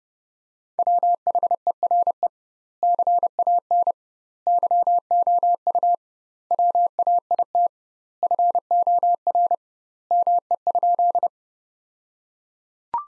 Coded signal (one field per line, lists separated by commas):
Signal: Morse code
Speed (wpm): 31 wpm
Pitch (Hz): 700 Hz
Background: none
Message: WHERE CAN YOU WAIT FOR ME?